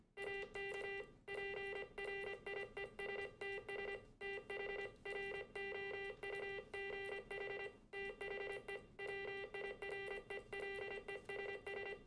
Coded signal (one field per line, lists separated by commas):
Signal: Morse code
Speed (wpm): 25 wpm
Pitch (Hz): 2000 Hz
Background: music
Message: AK PRIESTS THROUGH THE WIRELESS